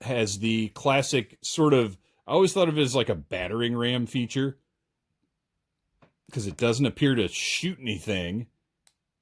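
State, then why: Seated. Someone talks as the plastic battering-ram piece of a Masters of the Universe Origins Horde toy crossbow, an action-figure accessory, is pushed back. A single sharp click at 8.9 s marks the ram locking into place.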